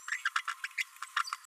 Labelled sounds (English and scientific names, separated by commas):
Green-rumped Parrotlet (Forpus passerinus) babbling